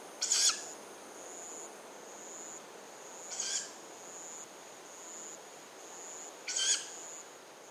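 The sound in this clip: Young owl giving harsh, breathy hissing bursts about every three seconds, with a steady thin high-pitched tone running underneath throughout.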